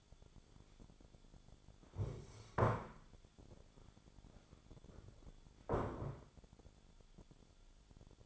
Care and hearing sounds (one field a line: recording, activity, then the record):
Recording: daily activity, microphone in the room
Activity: stand up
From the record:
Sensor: 5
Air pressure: 1015.3 hPa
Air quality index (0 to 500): 181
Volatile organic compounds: 7 ppm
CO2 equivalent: 1971 ppm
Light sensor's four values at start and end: 36/82/33/32 and 36/82/33/32